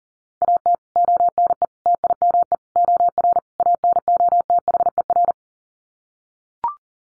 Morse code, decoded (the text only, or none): AT ONE TIME OR ANOTHER